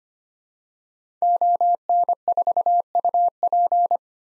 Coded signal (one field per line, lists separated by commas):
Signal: Morse code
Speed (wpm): 25 wpm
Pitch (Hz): 700 Hz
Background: none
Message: ON4UP